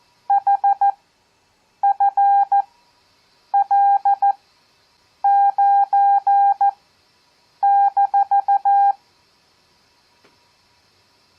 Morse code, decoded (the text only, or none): HFL9-